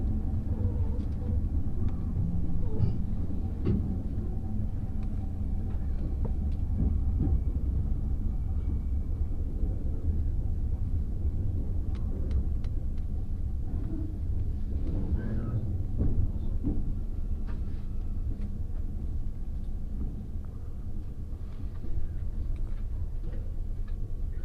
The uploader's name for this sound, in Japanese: 鉄道旅 佐賀→博多→中洲川端→呉服町